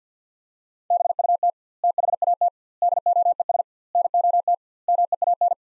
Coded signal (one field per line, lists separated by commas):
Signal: Morse code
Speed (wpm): 50 wpm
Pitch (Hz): 700 Hz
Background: none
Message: BUT THAT DOES NOT MEAN